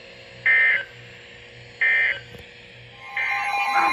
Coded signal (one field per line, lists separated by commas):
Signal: Emergency Alert System (SAME) tones